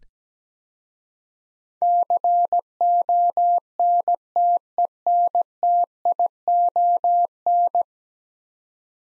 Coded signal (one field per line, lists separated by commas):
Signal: Morse code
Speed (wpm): 17 wpm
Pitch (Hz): 700 Hz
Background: none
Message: CONTENTION